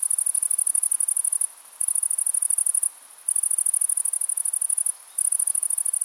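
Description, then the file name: Grasshopper stridulation, a very high, hissing buzz made of rapid pulses, in bursts of one to two seconds broken by short silent gaps. "Gräshoppa"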